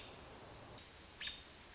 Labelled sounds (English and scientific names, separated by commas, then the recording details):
American Robin (Turdus migratorius)
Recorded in Sonoma County, California